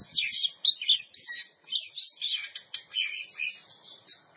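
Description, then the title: Oriental magpie-robin singing short, bright whistled and warbled phrases in quick succession, some sliding up and down. Champion bird. "Kicau Burung Kacer Juara"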